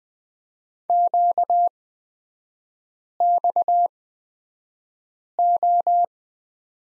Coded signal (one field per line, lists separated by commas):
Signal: Morse code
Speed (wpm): 20 wpm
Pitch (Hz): 700 Hz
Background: none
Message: QXO